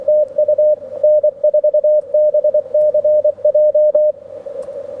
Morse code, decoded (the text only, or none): TU N4BCJ